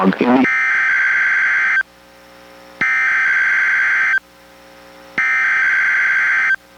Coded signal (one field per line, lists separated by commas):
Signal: Emergency Alert System (SAME) tones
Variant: header bursts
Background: speech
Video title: EAS #861: NWR Required Weekly Test- Aug. 23, 2023- 11:25AM PDT